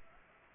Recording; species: mosquito wingbeat signal from an infrared sensor; Aedes aegypti